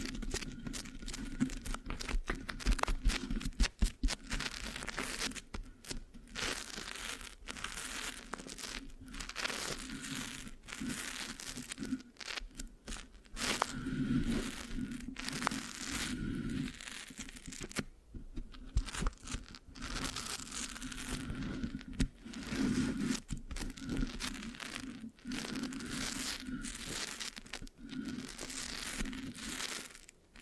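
Scratching on a microphone with a sticky, crackling texture runs continuously for the full thirty seconds. Dense bursts of crinkly, tearing scrapes come in quick irregular strokes, with brief gaps around five and eighteen seconds, over a steady low hum underneath.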